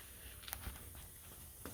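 A spring-loaded part of a Farrand 33A reed organ wind chest, being reconditioned, is pushed down, lined up with its hole in the wind chest, and allowed to pop into place. A faint tick at 0.5 s comes just before a sharp, short click at 0.5 s, followed by a low thump and a softer knock near 1.7 s over quiet background noise. The click at 0.5 s is the part seating into its hole.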